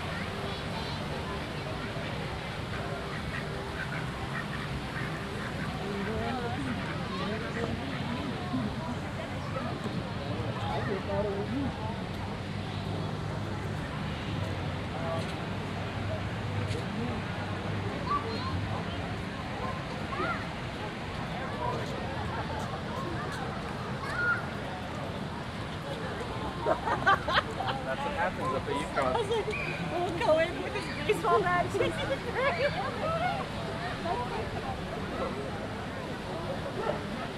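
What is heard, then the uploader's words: A walk around Lake Eola Park, with overlapping voices chattering steadily throughout and a low, continuous rumble underneath, possibly passing traffic. From about 26 seconds, sharper clacks and brief louder bursts break through the babble at irregular intervals before it settles back. A Walk Around Lake Eola Park (Orlando, Florida).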